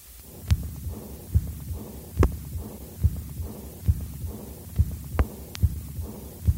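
Adult heart by stethoscope at Botkin-Erb's point, about 71 beats per minute: aortic regurgitation murmur in a patient whose aortic regurgitation developed after septic endocarditis. The murmur usually conducts well along the regurgitant flow, to the left and downward.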